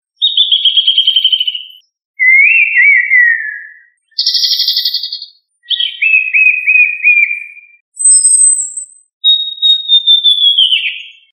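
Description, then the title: Thrush song: six separate clear whistled phrases, some sliding down and others warbled, each one to two seconds long with short pauses between, bright and high, with no other sounds. "Familia Turdidae - Sabia"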